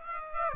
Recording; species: mosquito wingbeat signal from an infrared sensor; Aedes aegypti